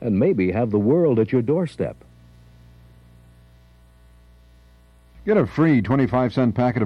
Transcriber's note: Arby’s Commercial